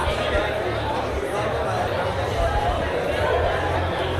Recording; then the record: background sound without coughing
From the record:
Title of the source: CITY SOUNDS Busy Bar in the Evening Night - 2 HOURS of Ambiance for Relaxation